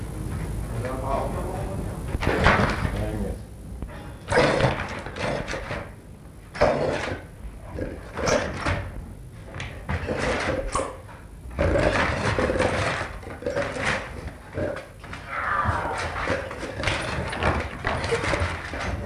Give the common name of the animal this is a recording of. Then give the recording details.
African Wild Dog. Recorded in captivity. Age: adult. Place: Tierpark Berlin, Berlin, DE. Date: 1961-11-25 14:00. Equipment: Minifon, Kopie Smaragd. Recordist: Tembrock, Günter. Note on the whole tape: Hyänenhunde, durch Wärter provoziert, dabei Vornniedergehen, Zurück- und Vorspringen. Abstand: 3 m